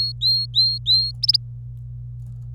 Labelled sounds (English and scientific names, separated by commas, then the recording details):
Domestic Canary (Serinus canaria) song
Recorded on 25 April 2018 at 16:58
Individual llb3